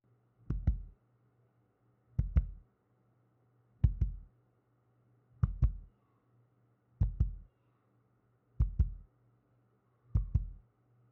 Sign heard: Heartbeat sound.